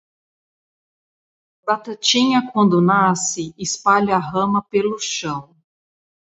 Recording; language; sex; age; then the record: short text; Brazilian Portuguese; female; 30 to 39 years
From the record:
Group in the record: control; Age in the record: 35 years